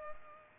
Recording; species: mosquito wingbeat signal from an infrared sensor; Culex pipiens